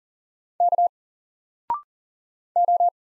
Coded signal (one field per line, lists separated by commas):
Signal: Morse code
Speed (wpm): 40 wpm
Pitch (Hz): 700 Hz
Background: none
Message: K O